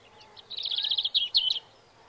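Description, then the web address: European robin song: a brief rapid phrase of high, liquid trilled notes that ends with a couple of sharper twitters, with a faint low hum behind. "Bird Song Site Robin - Rouge Gorge"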